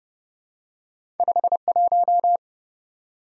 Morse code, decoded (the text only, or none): 51